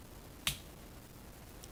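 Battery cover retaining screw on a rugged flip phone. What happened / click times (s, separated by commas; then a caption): The cover screw clicked open / 0.5 s. The battery cover retaining screw on a Kyocera DuraXV Extreme rugged flip phone is turned open again with a tool, giving one sharp, bright click at 0.5 s and a much fainter tick near 1.6 s. The screw is released and the cover is ready to lift.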